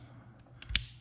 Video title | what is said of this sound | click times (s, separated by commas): STEYR MF Acton Polishing part 2 | soon as you do the rear goes in it will click in it's normal to have that little bit of slack | 0.8 s